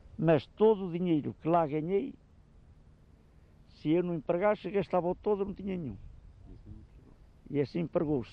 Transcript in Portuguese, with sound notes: mas todo o dinheiro que lá ganhei, [pausa] se eu não empregasse, gastava-o todo, não tinha nenhum.
E assim empregou.